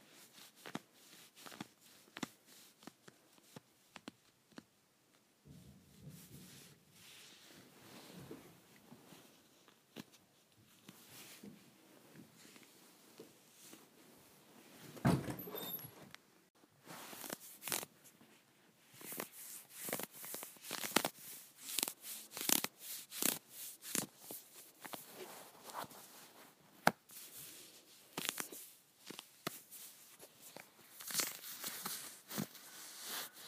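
Fabric scratching on leggings: irregular rough rasps and swipes, sparse early, a sharp knock near 15 seconds, then denser, brighter scratching.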